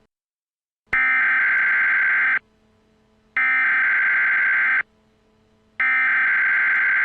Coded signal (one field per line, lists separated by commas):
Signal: Emergency Alert System (SAME) tones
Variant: header bursts